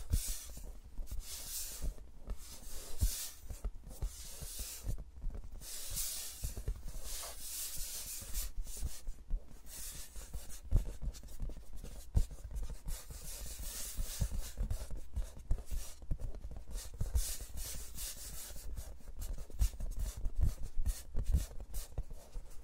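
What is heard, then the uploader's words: Fingers rub and brush around a microphone, making a dense, continuous crackle of scratchy, papery friction. Bright hissing swells come and go every second or two, with sharper little ticks scattered throughout over a steady low rumble. No voice is heard. ASMR with Mics Around My Fingers (No Talking).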